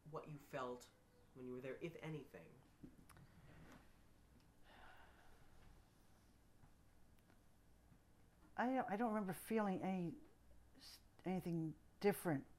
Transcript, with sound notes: what you felt when you were there, if anything?
( she sighs ) I don't remember feeling any, anything different.